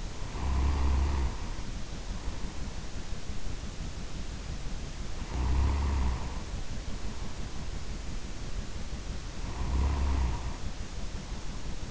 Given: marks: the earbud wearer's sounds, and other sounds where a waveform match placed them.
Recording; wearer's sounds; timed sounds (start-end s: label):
sounds in sleep by an in-ear microphone; snoring breath
0.00-3.04 s: snoring breath
5.12-7.81 s: snoring breath
9.28-11.91 s: snoring breath